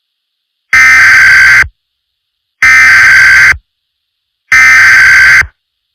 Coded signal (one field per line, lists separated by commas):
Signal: Emergency Alert System (SAME) tones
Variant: header bursts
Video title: EAS SCENARIO #2 - Hyper Weather Disaster (REMASTERED)